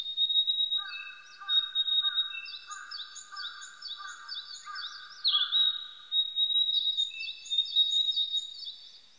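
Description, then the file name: Narcissus flycatcher song, bright high whistled and trilled phrases run together almost without pause, with a lower rattling series underneath for much. Recorded 25 April 1998. "980425 kibitaki"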